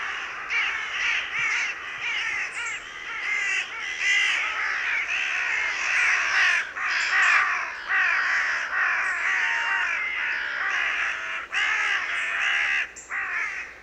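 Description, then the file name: Carrion crow calls, a steady stream of harsh overlapping caws, barely pausing throughout. "Corvus corone"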